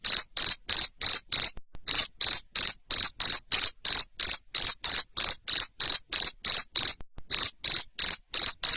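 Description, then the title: Cricket chirping loudly in a steady run of short high pulses, about three a second, with two brief pauses; no other sounds. Loud cricket chirping (jangkrik ngerik) played to stimulate lovebirds to sing continuously (ngekek). "Suara JANGKRIK NGERIK Keras Bikin LOVEBIRD Jadi NGEKEK Terus Vubey"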